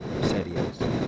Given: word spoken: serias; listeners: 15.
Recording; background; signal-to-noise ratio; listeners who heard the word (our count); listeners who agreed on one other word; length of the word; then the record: one Spanish word in noise, from a listening test; noise modulated by three-talker babble; -7.0 dB; 0 of 15; 12 of 15; 0.68 s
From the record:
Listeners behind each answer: 12, 1, 1, 1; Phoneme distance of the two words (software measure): 10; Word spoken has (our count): 2 syllables, 6 phonemes, stress on syllable 1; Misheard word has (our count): 2 syllables, 6 phonemes, stress on syllable 1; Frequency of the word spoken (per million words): 12.09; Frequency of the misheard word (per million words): 17.34